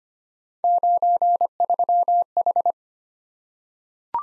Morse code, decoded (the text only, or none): 93H